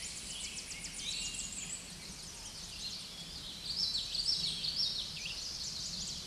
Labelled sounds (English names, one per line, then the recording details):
Common Yellowthroat song
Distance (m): 25 m
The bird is about level with the microphone
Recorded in a Pennsylvania forest on 16 May 2024 at 07:04
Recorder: AudioMoth, point MSD-0215
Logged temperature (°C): 16.1 °C
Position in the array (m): 32 m, 154 m